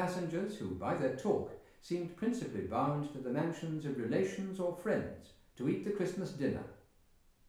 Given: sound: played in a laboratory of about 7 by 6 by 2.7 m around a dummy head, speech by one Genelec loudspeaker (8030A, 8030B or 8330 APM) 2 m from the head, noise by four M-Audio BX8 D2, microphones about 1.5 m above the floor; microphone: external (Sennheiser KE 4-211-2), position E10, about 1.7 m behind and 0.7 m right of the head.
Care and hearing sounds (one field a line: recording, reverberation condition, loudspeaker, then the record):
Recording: male speech in English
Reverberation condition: medium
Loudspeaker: 150 degrees to the left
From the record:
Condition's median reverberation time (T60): about 510 ms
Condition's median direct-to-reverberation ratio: about -0.5 dB